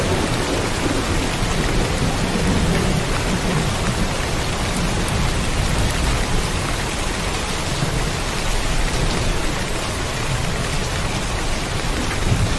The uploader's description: The first drops of rain patter softly, a sparse rhythm that slowly becomes a steady drumming on the ground.